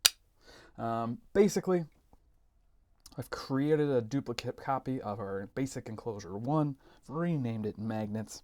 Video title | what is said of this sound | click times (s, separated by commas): USB Redesign: Embedding Magnets | when they get close to each other and it makes a very nice click when they snap like so | 0.1 s